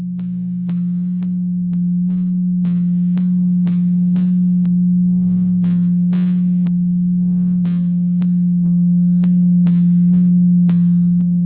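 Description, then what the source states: Blue whale call: a long, steady low tone held throughout, crossed by sharp clicks roughly twice a second. Recorded in the Atlantic.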